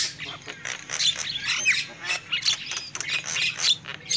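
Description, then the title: Lovebirds giving harsh, blurred screeching chatter, shrill and continuous, with a low hum in the background. Lovebird calls used as a lure for trapping birds. "PIKAT BURUNG LOVEBIRD"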